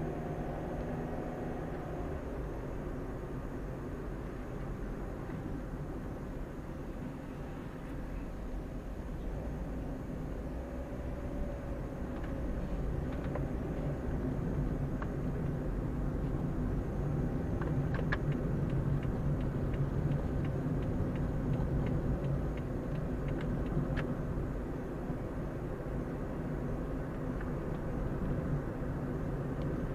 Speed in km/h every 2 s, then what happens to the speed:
35, 37, 34, 29, 27, 28, 32, 34, 33, 34, 35, 37, 38, 39, 40.
2-9 slows to 27. 9-13 speeds up to 34. 13-30 steady at about 35.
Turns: none.